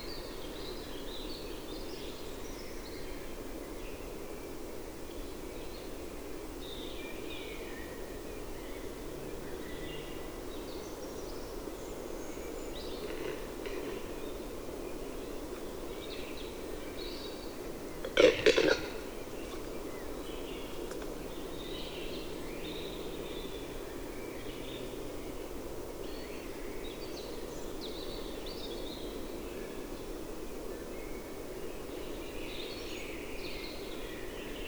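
A forest in late April during the capercaillie lek, with a steady low hiss running throughout and scattered faint, high bird calls coming and going. Around eighteen seconds a single sharp pop cuts through, possibly the displaying cock.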